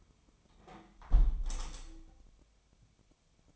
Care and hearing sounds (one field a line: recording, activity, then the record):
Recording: daily activity, microphone in the room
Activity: close window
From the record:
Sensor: 1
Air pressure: 1015.0 hPa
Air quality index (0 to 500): 29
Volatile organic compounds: 1 ppm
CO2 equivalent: 531 ppm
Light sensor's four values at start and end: 10/25/10/11 and 10/25/10/11